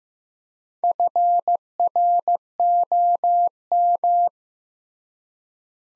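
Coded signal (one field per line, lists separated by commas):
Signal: Morse code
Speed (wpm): 15 wpm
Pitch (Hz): 700 Hz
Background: none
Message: FROM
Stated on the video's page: Morse practice drill, sets of two words at 15 wpm with 3x word spacing, Farnsworth-like method.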